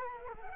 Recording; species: mosquito wingbeat signal from an infrared sensor; Culex quinquefasciatus